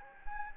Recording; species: mosquito wingbeat signal from an infrared sensor; Anopheles gambiae